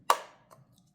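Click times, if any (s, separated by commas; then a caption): 0.1 s. The plastic battery compartment cover of a Nintendo Talking Flower toy (Super Mario Bros. Wonder) is put back on the flower base and turned to the right until it locks. A sharp click sounds at 0.1 s and rings off, followed by two faint ticks near 0.5 s and 0.8 s. The cover is seated and twist-locked in place.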